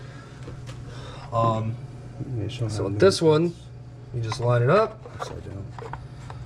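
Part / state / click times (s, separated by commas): oil filler cap onto engine valve cover / not seated / none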